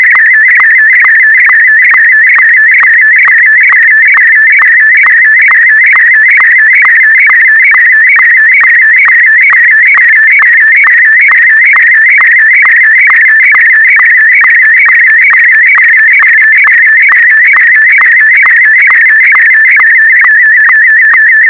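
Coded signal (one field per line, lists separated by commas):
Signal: SSTV (slow-scan television)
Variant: Martin M1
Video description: A secret end of year message for my fellow nerds. #sstv #martin-m1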